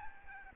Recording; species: mosquito wingbeat signal from an infrared sensor; Aedes albopictus